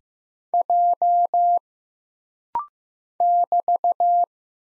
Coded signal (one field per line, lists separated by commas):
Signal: Morse code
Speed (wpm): 15 wpm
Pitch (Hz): 700 Hz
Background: none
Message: J <BT>